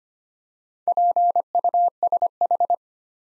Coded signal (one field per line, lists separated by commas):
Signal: Morse code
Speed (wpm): 25 wpm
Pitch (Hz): 700 Hz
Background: none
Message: PUSH